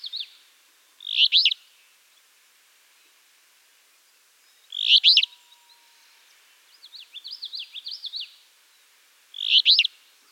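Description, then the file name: Alder flycatcher repeating a burry, explosive phrase roughly every four seconds, with a short series of sharp chirps in one gap. "Empidonax alnorum - Alder Flycatcher"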